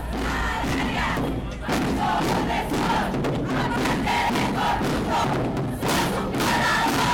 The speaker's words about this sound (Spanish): El pasado 8 de febrero, las calles de San José se llenaron de mujeres y feministas que gritaron al unísono, "Yo sí te creo".